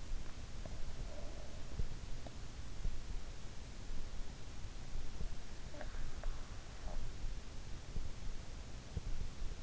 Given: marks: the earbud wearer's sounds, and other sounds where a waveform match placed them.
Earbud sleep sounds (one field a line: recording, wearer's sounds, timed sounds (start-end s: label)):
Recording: sounds in sleep by an in-ear microphone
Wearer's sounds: breath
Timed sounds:
0.61-2.30 s: breath
5.73-7.02 s: breath